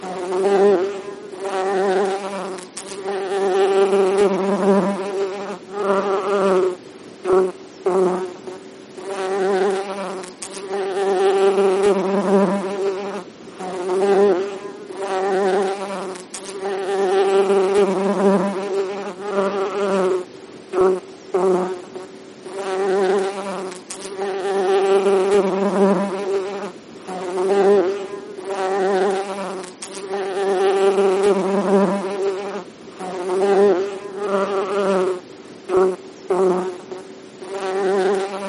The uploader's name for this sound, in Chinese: 蜜蜂嗡嗡